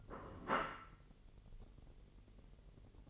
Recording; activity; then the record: daily activity, microphone in the room; place plate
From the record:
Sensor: 4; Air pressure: 1002.9 hPa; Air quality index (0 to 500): 249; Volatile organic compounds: 20 ppm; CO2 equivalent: 2702 ppm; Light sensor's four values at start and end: 5/12/4/5 and 5/12/4/5